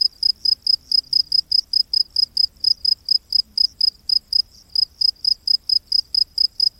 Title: Crickets of the Rainforest 🌿. Exotic Insect Orchestra